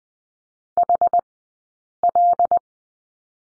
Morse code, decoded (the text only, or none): HL